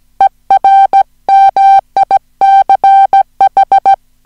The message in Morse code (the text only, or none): ER MICH